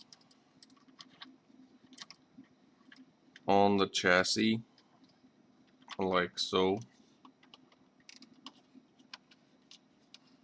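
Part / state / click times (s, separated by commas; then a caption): plastic model car body onto model chassis / not seated / none. Someone fits the plastic body shell of a Tamiya 1/24 scale Impreza WRC model rally car down onto its plastic chassis, producing small sharp clicks and taps scattered through the clip while someone talks in two short bursts. The body is only being handled, and nothing has seated or clicked into place yet.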